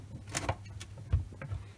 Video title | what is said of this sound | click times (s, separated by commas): Siemens Dishwasher E23 Error Code and How to Clean Filter for Maximum Efficiency | en el sentido de las agujas del reloj y solo hace clic. | 0.4 s